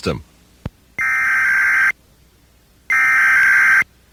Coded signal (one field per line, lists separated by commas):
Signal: Emergency Alert System (SAME) tones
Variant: header bursts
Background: speech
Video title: EAS Required Monthly Test (1997)